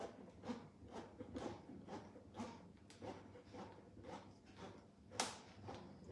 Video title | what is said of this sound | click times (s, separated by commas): Tarte jambon boursin / Rôti de porc au chorizo / Tarte pêches feuilletées chocolat caramel | Voilà. On entend un petit clic. | 5.2 s